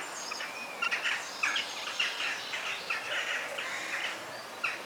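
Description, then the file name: Birds chirping and twittering in a busy chorus, with repeated high sharp notes over a steady background hiss. Forest bird sounds. "ASMR Sounds of the Forest - Soothing Bird Sounds"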